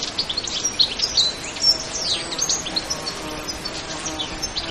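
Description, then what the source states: Bird chirping: thin, high twittering notes in irregular quick bursts over a steady hiss of wind. Nature sound effect recorded in wind.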